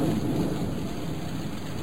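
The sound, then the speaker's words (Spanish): Steady rain pours without a break, a dense, even hiss with a heavy low rumble underneath and no voices, holding the same loudness throughout. “Y sigue lloviendo.”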